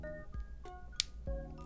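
A plastic part of a Strike Freedom Gundam model kit is pressed into its mating joint over steady background music with sustained tones. A single sharp, loud snap at 1.0 s marks the part seating home.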